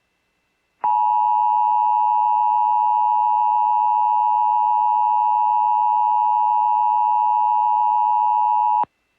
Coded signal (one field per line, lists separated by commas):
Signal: Emergency Alert System (SAME) tones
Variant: 853 and 960 Hz attention tone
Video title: EAS Required Monthly Test Minnesota Statewide Test WTIP-FM Grand Marais +WeatherSTAR4000